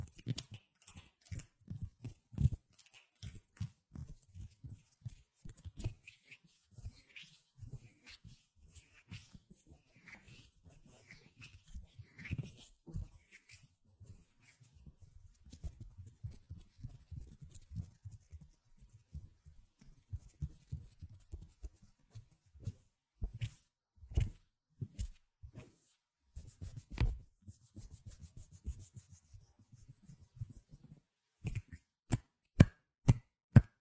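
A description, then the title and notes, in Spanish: Hands make dry rubbing, tapping and patting sounds, irregular throughout, with a burst of sharp slaps near the end. ASMR Sonidos de manos. Chasquidos, frotaciones, palmadas y demás. SIN HABLAR.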